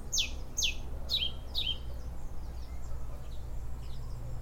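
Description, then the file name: European robin producing four clear, high notes that sweep steeply downward, spaced about half a second apart, then fainter twittering over a steady low hum. "Erithacus rubecula"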